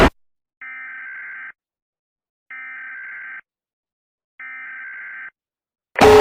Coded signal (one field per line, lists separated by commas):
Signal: Emergency Alert System (SAME) tones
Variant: header bursts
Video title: Massachusetts eas alarm